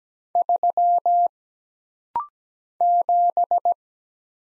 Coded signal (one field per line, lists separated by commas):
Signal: Morse code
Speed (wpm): 17 wpm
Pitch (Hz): 700 Hz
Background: none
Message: 3 7